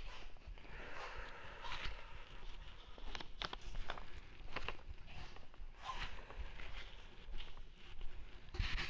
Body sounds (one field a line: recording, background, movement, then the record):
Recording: deep breathing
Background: quiet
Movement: walking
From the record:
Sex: male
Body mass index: 20.6 kg/m2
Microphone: on the chest, facing the body